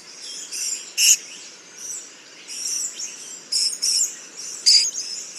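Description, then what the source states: Purple-crowned Lorikeet calls: several shrill, high screeches, some short and clipped, over soft high twittering. Call described as less metallic than the Little Lorikeet's; recorded in the Stirling Range, Western Australia, on Menang and Goreng country.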